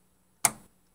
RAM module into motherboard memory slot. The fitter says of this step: Make sure that it clicks all the way.